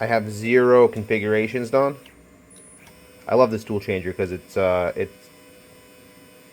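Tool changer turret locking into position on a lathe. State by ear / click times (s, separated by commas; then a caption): not seated / none. Someone talks over a steady mains hum beside the automatic turret tool changer on a Mechanica Cortini metal lathe retrofitted with Mach 4. The turret is being handled but has not yet indexed to a tool position, and no click is heard. Nothing has seated or locked yet.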